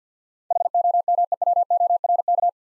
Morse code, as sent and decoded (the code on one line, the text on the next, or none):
.... --- -- . .-- --- .-. -.-
HOMEWORK